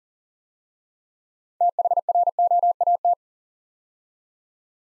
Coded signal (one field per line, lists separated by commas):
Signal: Morse code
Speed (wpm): 39 wpm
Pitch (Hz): 700 Hz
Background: none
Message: THROAT